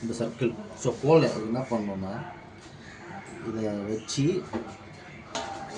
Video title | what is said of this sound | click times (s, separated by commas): Gas Cylinder fixing problem Tamil | மேனுவலாக press பண்ணிங்கனாக்கா lock ஆகிடும். | 5.3 s